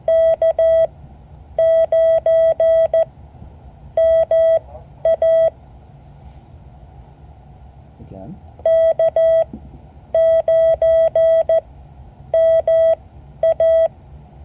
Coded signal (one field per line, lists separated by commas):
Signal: Morse code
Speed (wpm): 14 wpm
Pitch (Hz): 650 Hz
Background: speech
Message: K9MA K9MA